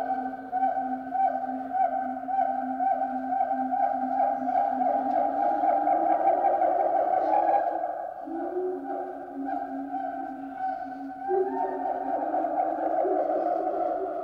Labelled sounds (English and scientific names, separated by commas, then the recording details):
Siamang (Symphalangus syndactylus)
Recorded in captivity
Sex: pair
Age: adult
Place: Zoo Berlin, Berlin, DE
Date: 1989-03-22
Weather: bedeckt, 5-8°C
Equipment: Sony WM-D6C, Kopie 19 cm
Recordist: Tembrock, Günter